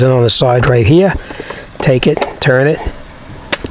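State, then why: Seated. Someone talks while turning the cabin air filter access cover on the side of its housing behind the glovebox of a 2019 Hyundai Santa Fe. A sharp plastic click is heard at 3.5 s as the cover locks in place.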